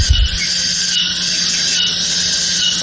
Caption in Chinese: 耳鸣啊是一种叫声音幻觉，它 是在外界环境中没有声源的情况下呢，它感觉到耳内啊或颅内产生声音。 我这个就是蝉鸣。 像有蝉在叫。